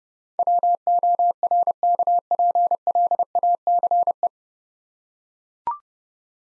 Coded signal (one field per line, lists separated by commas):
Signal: Morse code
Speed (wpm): 30 wpm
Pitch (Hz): 700 Hz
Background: none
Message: WORKPLACE